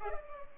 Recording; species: mosquito wingbeat signal from an infrared sensor; Culex pipiens